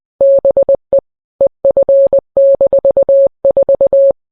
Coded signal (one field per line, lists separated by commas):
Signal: Morse code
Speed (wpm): 20 wpm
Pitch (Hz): 550 Hz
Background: none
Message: BE EF-4